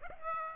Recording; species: mosquito wingbeat signal from an infrared sensor; Aedes aegypti